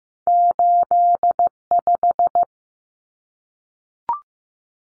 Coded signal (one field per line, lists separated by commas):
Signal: Morse code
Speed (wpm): 15 wpm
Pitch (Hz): 700 Hz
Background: none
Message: 85